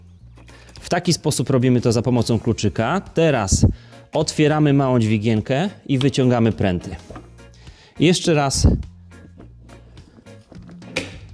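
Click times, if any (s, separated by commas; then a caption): 11.0 s. Someone talks over background music while the metal mounting rods of a child bicycle seat are unlocked with a key, a small lever is opened, and the rods are pulled out of the frame-mounted bracket and reinserted. A sharp click at 11.0 s marks the rods seating in the bracket, closed and secured.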